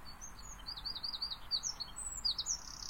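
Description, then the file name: Eurasian wren singing thin, high, rapidly repeated notes and short trills over a constant low rumble of background noise. "Troglodytes troglodytes"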